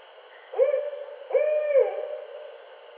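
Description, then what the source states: Barred owl hooting, two strong hoots less than a second apart, the second longer and fading at the end. Recorded 8 September 2011.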